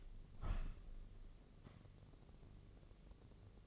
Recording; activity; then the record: daily activity, microphone in the room; open window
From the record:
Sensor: 4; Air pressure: 1013.2 hPa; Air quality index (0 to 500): 166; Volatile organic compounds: 2 ppm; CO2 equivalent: 1050 ppm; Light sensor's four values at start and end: 40/98/40/40 and 41/99/40/41